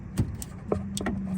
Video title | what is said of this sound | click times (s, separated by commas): LEXUS ES350 SIDE MARKER BULB REPLACEMENT - How to Change Side Marker Bulbs on a Lexus ES350. Easy! | and then we just twist till we hear a click | 1.0 s